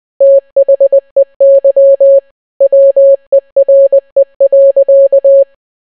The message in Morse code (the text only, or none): THEY WERE.